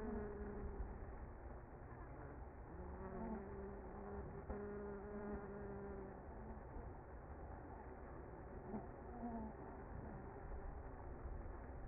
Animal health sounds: honeybee colony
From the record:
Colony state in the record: active

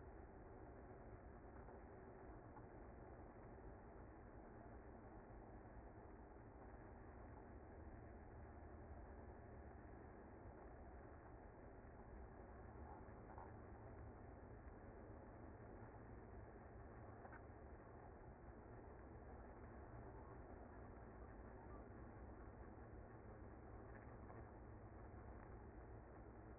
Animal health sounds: honeybee colony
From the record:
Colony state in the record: active

